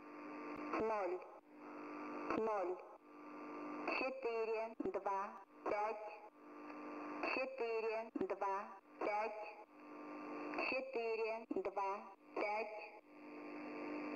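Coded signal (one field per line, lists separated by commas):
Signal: numbers station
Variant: S06s, female voice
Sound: distorted female voice reading short, evenly spaced numbers over radio hum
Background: radio hum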